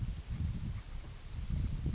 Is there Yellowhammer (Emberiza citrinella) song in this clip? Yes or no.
no